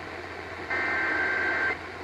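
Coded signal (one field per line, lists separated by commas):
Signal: Emergency Alert System (SAME) tones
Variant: header bursts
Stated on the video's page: Required monthly test.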